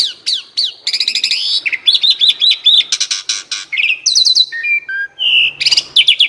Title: Masteran Jalak Suren AMPUH Dan EFEKTIF Atasi Burung KURANG GACOR Dan LOYO